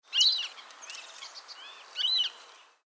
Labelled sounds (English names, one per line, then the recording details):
Western Marsh Harrier
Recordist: Frommolt, Karl-Heinz
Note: Rufe am Nest